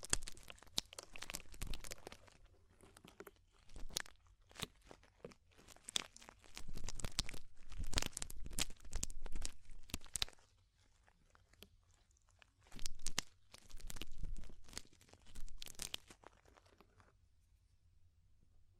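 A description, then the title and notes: Ear cleaning sounds in dense bursts of crunchy, crackling scratches, bright and sharp, with brief quiet gaps between clusters. The scraping comes in irregular waves, busiest around two to ten seconds and again near thirteen to sixteen, fading out by the end. ASMR DEEP Ear Penetrating Cleaning (No Talking).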